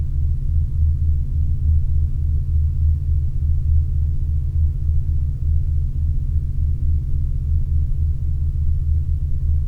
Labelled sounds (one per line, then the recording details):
machinery
flare stack
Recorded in Ivvavik National Park, Yukon, on 27 August 2019 at 08:06
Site SINP01